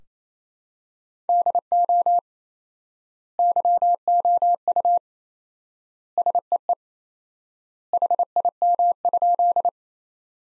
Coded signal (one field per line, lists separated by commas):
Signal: Morse code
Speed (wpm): 28 wpm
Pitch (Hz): 700 Hz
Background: none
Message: DO YOU SEE HIM?